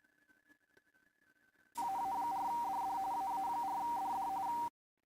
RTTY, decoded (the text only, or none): AA4DD AA4DD